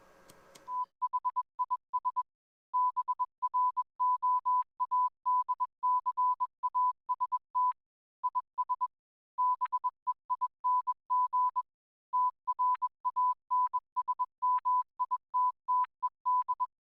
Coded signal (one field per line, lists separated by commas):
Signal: Morse code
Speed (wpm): 21 wpm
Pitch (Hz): 1000 Hz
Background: none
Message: THIS BROADCAST IS BEING TRANSMITTED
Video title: DATV Experimenter's Night - Auroral Propagation on 6m & 2m Update with VK7MO